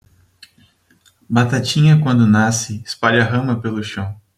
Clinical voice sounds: short text; Brazilian Portuguese; male; 20 to 29 years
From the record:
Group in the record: control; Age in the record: 22 years

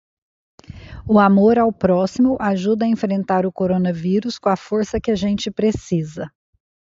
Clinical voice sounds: spoken sentence; Brazilian Portuguese; female; 50 to 59 years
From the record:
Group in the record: control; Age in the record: 57 years

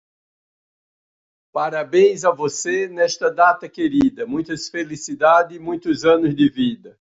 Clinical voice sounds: short text; Brazilian Portuguese; male; 60 to 69 years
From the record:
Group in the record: control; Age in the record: 67 years

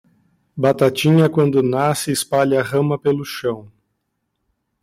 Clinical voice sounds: short text; Brazilian Portuguese; male; 40 to 49 years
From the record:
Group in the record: control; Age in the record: 46 years

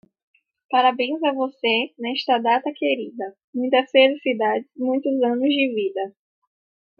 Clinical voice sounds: short text; Brazilian Portuguese; female; 20 to 29 years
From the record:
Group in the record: control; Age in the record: 21 years

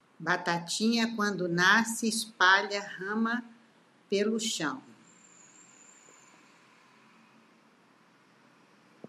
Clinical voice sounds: short text; Brazilian Portuguese; female; 70 to 79 years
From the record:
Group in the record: control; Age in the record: 72 years

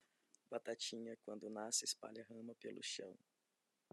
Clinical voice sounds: short text; Brazilian Portuguese; female; 40 to 49 years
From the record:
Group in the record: control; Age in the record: 40 years

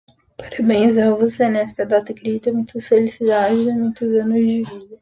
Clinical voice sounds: short text; Brazilian Portuguese; female; 20 to 29 years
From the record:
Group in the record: control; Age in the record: 27 years

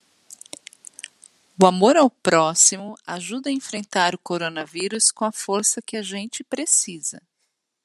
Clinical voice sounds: spoken sentence; Brazilian Portuguese; female; 50 to 59 years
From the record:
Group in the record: control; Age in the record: 53 years

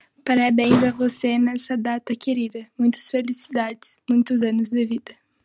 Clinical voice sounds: short text; Brazilian Portuguese; female; 18 to 19 years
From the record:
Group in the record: control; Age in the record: 18 years

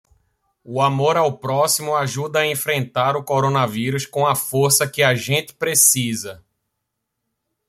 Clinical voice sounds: spoken sentence; Brazilian Portuguese; male; 30 to 39 years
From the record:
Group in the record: control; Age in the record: 39 years

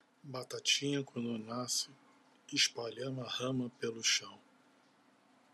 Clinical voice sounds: short text; Brazilian Portuguese; male; 50 to 59 years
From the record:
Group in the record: control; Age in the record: 51 years

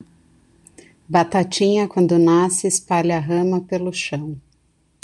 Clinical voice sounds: short text; Brazilian Portuguese; female; 40 to 49 years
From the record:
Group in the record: control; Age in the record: 46 years

